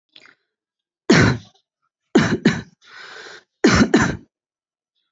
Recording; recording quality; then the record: heavy voluntary cough; excellent, no background noise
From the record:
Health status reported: healthy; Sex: male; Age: 28 years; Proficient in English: yes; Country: India